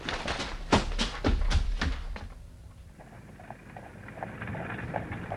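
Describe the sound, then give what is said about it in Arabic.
Hooves of Bessie, the horse pulling Howie Newsom's milk wagon as he delivers milk, clip-clop in a quick, uneven run of loud knocks, then settle into fainter, steady taps over a low rumbling rattle. “والآن لقد قدم هاوي نيوسوم يوزع اللبن. انشطي يا بيسي، ماذا حدث لك؟”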